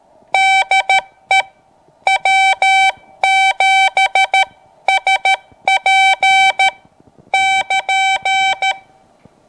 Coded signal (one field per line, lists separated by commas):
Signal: Morse code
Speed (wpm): 13 wpm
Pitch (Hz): 770 Hz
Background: none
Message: DE W7SP<KN>